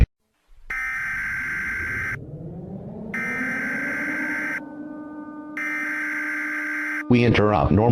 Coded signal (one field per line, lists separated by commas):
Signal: Emergency Alert System (SAME) tones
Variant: header bursts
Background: speech